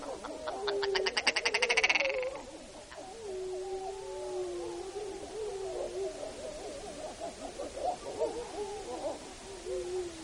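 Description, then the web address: Wolf howling: a rapid buzzy pulsed call opens, then several overlapping low wavering tones slide up and down through the rest. Recorded in Alaska on 2 April 2015, about 09:30. "Wolves"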